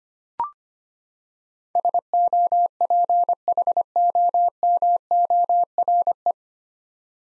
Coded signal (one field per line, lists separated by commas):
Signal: Morse code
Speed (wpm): 25 wpm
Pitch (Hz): 700 Hz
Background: none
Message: SOPHOMORE